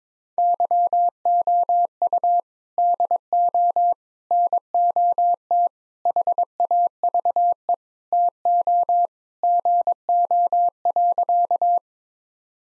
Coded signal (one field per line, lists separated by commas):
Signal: Morse code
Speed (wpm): 22 wpm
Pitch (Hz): 700 Hz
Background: none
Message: YOU DO NOT HAVE TO GO.